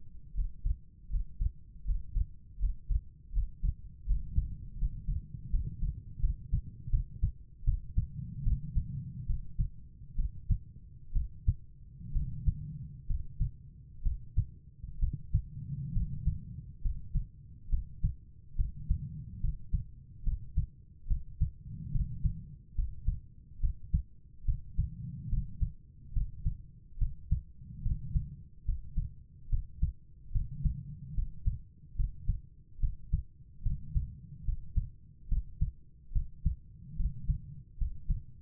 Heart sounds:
heart sounds by stethoscope; 72 bpm
0.33 s: heartbeat
1.08 s: heartbeat
1.83 s: heartbeat
2.58 s: heartbeat
3.31 s: heartbeat
4.05 s: heartbeat
4.77 s: heartbeat
5.49 s: heartbeat
6.19 s: heartbeat
6.89 s: heartbeat
7.64 s: heartbeat
8.43 s: heartbeat
9.26 s: heartbeat
10.15 s: heartbeat
11.12 s: heartbeat
12.12 s: heartbeat
13.06 s: heartbeat
14.02 s: heartbeat
14.99 s: heartbeat
15.92 s: heartbeat
16.81 s: heartbeat
17.69 s: heartbeat
18.55 s: heartbeat
19.40 s: heartbeat
20.23 s: heartbeat
21.07 s: heartbeat
21.91 s: heartbeat
22.74 s: heartbeat
23.60 s: heartbeat
24.45 s: heartbeat
25.29 s: heartbeat
26.12 s: heartbeat
26.98 s: heartbeat
27.82 s: heartbeat
28.65 s: heartbeat
29.49 s: heartbeat
30.31 s: heartbeat
31.14 s: heartbeat
31.95 s: heartbeat
32.79 s: heartbeat
33.62 s: heartbeat
34.44 s: heartbeat
35.28 s: heartbeat
36.12 s: heartbeat
36.96 s: heartbeat
37.77 s: heartbeat
From the record:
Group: healthy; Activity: rest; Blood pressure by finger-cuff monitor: 101/73 mmHg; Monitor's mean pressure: 84 mmHg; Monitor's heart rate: 71 bpm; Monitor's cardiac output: 5.5 L/min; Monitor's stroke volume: 78 mL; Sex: female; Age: 32 years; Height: 172 cm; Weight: 71.7 kg

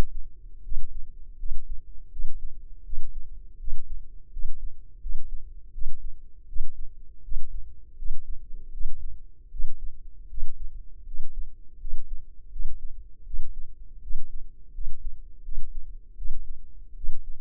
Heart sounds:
heart sounds by microphone in the left ear; 81 bpm
0.62 s: heartbeat
1.36 s: heartbeat
2.09 s: heartbeat
2.83 s: heartbeat
3.57 s: heartbeat
4.30 s: heartbeat
4.99 s: heartbeat
5.71 s: heartbeat
6.46 s: heartbeat
7.22 s: heartbeat
7.95 s: heartbeat
8.71 s: heartbeat
9.49 s: heartbeat
10.27 s: heartbeat
11.04 s: heartbeat
11.78 s: heartbeat
12.49 s: heartbeat
13.24 s: heartbeat
14.00 s: heartbeat
14.72 s: heartbeat
15.42 s: heartbeat
16.15 s: heartbeat
16.94 s: heartbeat
From the record:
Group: healthy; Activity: cold pressor test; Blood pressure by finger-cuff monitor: 141/85 mmHg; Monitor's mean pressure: 102 mmHg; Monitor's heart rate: 82 bpm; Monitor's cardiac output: 6.5 L/min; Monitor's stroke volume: 80 mL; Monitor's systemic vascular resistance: 1170 dyn s/cm5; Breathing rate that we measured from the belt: 18 breaths a minute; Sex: male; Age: 21 years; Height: 180 cm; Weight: 67.5 kg

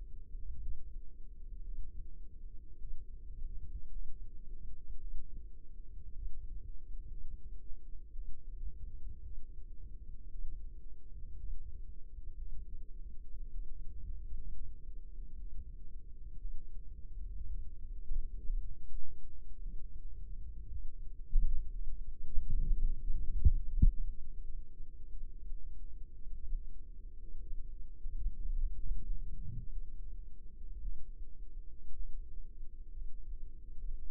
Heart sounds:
heart sounds by microphone in the left ear; 58 bpm
0.59 s: heartbeat
1.63 s: heartbeat
2.78 s: heartbeat
3.90 s: heartbeat
4.99 s: heartbeat
6.13 s: heartbeat
7.08 s: heartbeat
8.13 s: heartbeat
9.22 s: heartbeat
10.30 s: heartbeat
11.38 s: heartbeat
12.36 s: heartbeat
13.50 s: heartbeat
14.51 s: heartbeat
15.36 s: heartbeat
16.39 s: heartbeat
17.47 s: heartbeat
18.46 s: heartbeat
19.61 s: heartbeat
20.70 s: heartbeat
21.70 s: heartbeat
22.72 s: heartbeat
23.64 s: heartbeat
24.44 s: heartbeat
25.30 s: heartbeat
26.43 s: heartbeat
27.42 s: heartbeat
28.57 s: heartbeat
29.69 s: heartbeat
30.80 s: heartbeat
31.94 s: heartbeat
32.91 s: heartbeat
33.80 s: heartbeat
From the record:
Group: healthy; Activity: cold pressor test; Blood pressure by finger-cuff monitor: 111/69 mmHg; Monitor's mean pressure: 84 mmHg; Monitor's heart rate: 56 bpm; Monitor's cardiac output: 5.1 L/min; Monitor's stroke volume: 90 mL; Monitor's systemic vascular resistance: 1200 dyn s/cm5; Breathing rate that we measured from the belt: 21 breaths a minute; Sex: female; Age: 28 years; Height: 170 cm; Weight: 77 kg

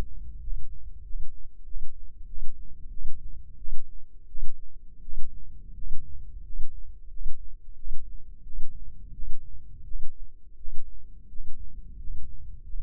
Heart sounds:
heart sounds by microphone in the left ear; 88 bpm
0.40 s: heartbeat
1.03 s: heartbeat
1.65 s: heartbeat
2.26 s: heartbeat
2.90 s: heartbeat
3.57 s: heartbeat
4.27 s: heartbeat
5.01 s: heartbeat
5.74 s: heartbeat
6.43 s: heartbeat
7.09 s: heartbeat
7.75 s: heartbeat
8.43 s: heartbeat
9.12 s: heartbeat
9.84 s: heartbeat
10.56 s: heartbeat
11.28 s: heartbeat
11.97 s: heartbeat
12.63 s: heartbeat
From the record:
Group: healthy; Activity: rest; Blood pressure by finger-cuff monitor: 110/64 mmHg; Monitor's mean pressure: 78 mmHg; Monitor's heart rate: 88 bpm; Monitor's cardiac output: 8.6 L/min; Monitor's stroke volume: 97 mL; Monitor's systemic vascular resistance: 660 dyn s/cm5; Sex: male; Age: 35 years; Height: 180 cm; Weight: 86.9 kg

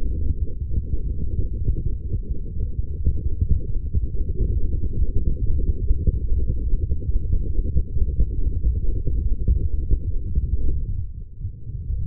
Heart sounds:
heart sounds by stethoscope; 129 bpm
0.20 s: heartbeat
0.68 s: heartbeat
1.17 s: heartbeat
1.64 s: heartbeat
2.12 s: heartbeat
2.59 s: heartbeat
3.06 s: heartbeat
3.53 s: heartbeat
4.00 s: heartbeat
4.47 s: heartbeat
4.94 s: heartbeat
5.40 s: heartbeat
5.87 s: heartbeat
6.34 s: heartbeat
6.81 s: heartbeat
7.27 s: heartbeat
7.74 s: heartbeat
8.20 s: heartbeat
8.66 s: heartbeat
9.12 s: heartbeat
9.58 s: heartbeat
10.04 s: heartbeat
10.50 s: heartbeat
10.96 s: heartbeat
11.42 s: heartbeat
11.87 s: heartbeat
From the record:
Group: healthy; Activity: light exercise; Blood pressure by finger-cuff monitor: 162/83 mmHg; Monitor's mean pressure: 107 mmHg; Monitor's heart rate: 127 bpm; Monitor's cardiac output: 12.6 L/min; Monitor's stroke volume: 91 mL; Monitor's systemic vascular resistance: 630 dyn s/cm5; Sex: female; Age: 43 years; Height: 160 cm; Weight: 90 kg

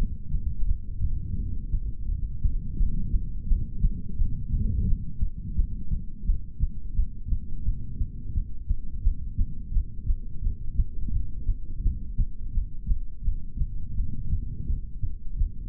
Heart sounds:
heart sounds by stethoscope; 86 bpm
0.64 s: heartbeat
1.34 s: heartbeat
2.04 s: heartbeat
2.75 s: heartbeat
3.44 s: heartbeat
4.14 s: heartbeat
4.83 s: heartbeat
5.53 s: heartbeat
6.23 s: heartbeat
6.92 s: heartbeat
7.61 s: heartbeat
8.31 s: heartbeat
9.00 s: heartbeat
9.70 s: heartbeat
10.39 s: heartbeat
11.09 s: heartbeat
11.80 s: heartbeat
12.50 s: heartbeat
13.21 s: heartbeat
13.92 s: heartbeat
14.63 s: heartbeat
15.35 s: heartbeat
From the record:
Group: heart failure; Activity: rest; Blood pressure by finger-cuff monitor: 83/52 mmHg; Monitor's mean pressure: 64 mmHg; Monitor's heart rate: 85 bpm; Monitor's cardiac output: 7.6 L/min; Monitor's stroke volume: 88 mL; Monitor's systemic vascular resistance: 600 dyn s/cm5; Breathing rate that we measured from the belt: 19 breaths a minute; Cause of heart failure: ischemic heart disease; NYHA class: 2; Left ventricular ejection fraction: 28%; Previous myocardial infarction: present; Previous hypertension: present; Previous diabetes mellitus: present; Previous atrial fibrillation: present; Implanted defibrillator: present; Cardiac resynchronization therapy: present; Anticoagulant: apixaban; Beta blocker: bisoprolol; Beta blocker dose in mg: 10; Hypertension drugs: sacubitril-valsartan, spironolactone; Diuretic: furosemide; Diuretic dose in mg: 20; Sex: male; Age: 62 years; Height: 178 cm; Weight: 88.3 kg

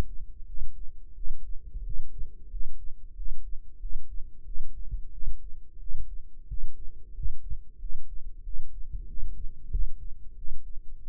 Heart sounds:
heart sounds by microphone in the left ear; 91 bpm
0.45 s: heartbeat
1.14 s: heartbeat
1.83 s: heartbeat
2.49 s: heartbeat
3.15 s: heartbeat
3.79 s: heartbeat
4.44 s: heartbeat
5.10 s: heartbeat
5.78 s: heartbeat
6.47 s: heartbeat
7.13 s: heartbeat
7.78 s: heartbeat
8.42 s: heartbeat
9.06 s: heartbeat
9.69 s: heartbeat
10.35 s: heartbeat
11.02 s: heartbeat
From the record:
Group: healthy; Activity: rest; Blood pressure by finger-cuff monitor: 104/72 mmHg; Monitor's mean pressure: 82 mmHg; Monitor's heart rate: 91 bpm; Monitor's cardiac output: 7.4 L/min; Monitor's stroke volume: 82 mL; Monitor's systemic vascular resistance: 810 dyn s/cm5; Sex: male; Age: 19 years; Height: 178 cm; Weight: 83 kg

